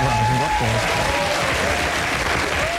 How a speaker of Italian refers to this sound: È davvero l'ultimo applauso rinforzato dal coro alle mie spalle.